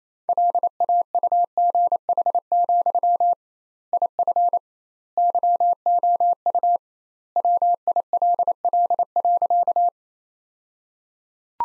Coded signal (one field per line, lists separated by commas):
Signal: Morse code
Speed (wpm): 28 wpm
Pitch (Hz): 700 Hz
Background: none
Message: LAUGH, IF YOU WILL.